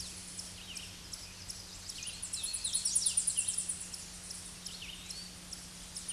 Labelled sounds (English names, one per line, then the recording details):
Hooded Warbler song
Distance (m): 30 m
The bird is about 15 m above the microphone
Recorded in a Pennsylvania forest on 16 May 2024 at 07:57
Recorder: AudioMoth, point MSD-0079
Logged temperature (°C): 16.1 °C
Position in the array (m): 140 m, 103 m